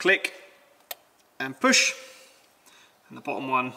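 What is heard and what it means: Someone talks while the red locking tang on the top electrical connector is pushed towards the plug to lock it, during a leaking water pump replacement on a 2019 Land Rover Discovery Sport 2.0 litre. A short, sharp click is heard at 0.9 s as the tang pushes home and the connector is locked in place.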